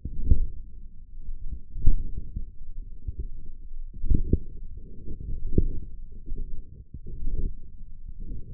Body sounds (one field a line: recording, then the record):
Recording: forearm muscle sounds (acoustic myography)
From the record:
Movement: wrist flexion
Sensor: system 1, eight BSWA MPA416 microphones around the upper forearm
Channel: 5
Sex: female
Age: 20 years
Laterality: right